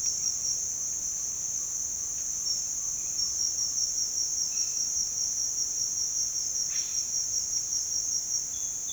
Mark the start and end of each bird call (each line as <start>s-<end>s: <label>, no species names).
6.63s-7.18s: bird call